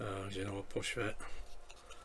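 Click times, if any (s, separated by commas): 1.7 s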